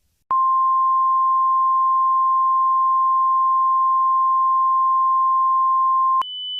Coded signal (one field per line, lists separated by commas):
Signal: Emergency Alert System (SAME) tones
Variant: 1050 Hz attention tone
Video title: EAS Scenario 16: Among us